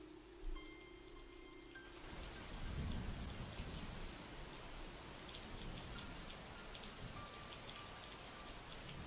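Heavy rain pours down at night in a steady, dense hiss, with a deep rumble of thunder rolling through early on. No voices, just the constant loud wash of the downpour.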